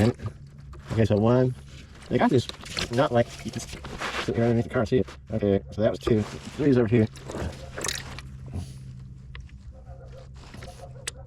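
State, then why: Torque reached. Someone talks while tightening the oil pan bolts of a Formula Delta oil pan on a BRZ FA24 from underneath the car, using a new click-type torque wrench. Bolt three is tightened until the wrench breaks over with a sharp click at 11.1 s, reaching its torque setting.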